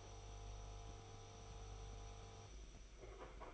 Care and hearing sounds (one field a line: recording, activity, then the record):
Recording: daily activity, microphone in the room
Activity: make coffee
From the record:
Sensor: 5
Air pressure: 991.0 hPa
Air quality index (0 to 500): 142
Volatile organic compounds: 116 ppm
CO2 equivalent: 3852 ppm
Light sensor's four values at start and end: 37/115/44/47 and 37/115/44/47